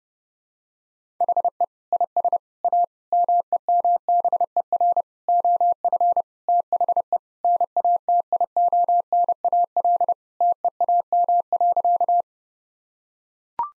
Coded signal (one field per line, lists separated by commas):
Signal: Morse code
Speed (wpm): 32 wpm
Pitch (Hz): 700 Hz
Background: none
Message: HE IS A MEMBER OF THE NATIONAL TEAM.